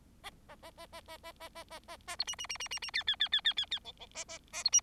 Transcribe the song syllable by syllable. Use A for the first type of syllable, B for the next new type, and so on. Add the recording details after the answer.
A A A A A A A A A A A B C C C C C C D D D D D D D E E A A A B C. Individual Bird4